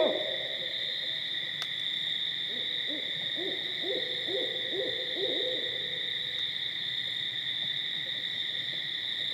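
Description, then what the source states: Barred owl giving a series of short arched hoots in the middle, with a steady high drone throughout and a sharp click early on. Recorded 13 October 2010.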